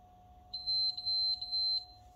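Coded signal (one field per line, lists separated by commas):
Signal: beep code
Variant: PlayStation 5 console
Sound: three quick high-pitched beeps in a row over a steady low hum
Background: electrical hum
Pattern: 3 short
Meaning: Three beeps mean the console has failed and shuts off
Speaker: i heard it's a common issue it even have a name uh three beeps of death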